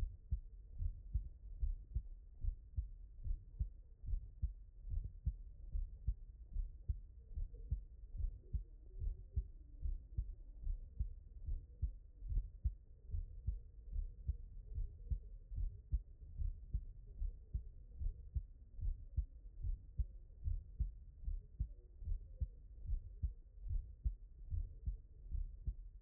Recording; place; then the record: heart sounds by stethoscope; mitral valve (MV)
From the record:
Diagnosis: non-HFrEF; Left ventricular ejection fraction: 48%